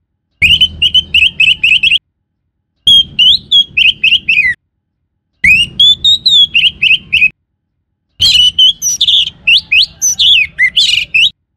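Orange-headed thrush song, four bursts of quick, repeated high whistled notes with brief gaps between them.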